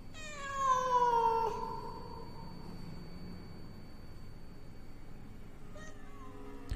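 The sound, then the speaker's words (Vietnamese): A cat lets out a long, wailing yowl that rises and bends like a crying child, loud and harmonic, then trails off; a shorter plaintive cry starts again near the end. “Tiếng con mèo kêu cứ như là tiếng trẻ con khóc chu chéo không ngừng.”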